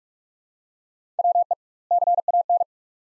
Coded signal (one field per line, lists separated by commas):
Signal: Morse code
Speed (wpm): 41 wpm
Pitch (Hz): 700 Hz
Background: none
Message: WE CAN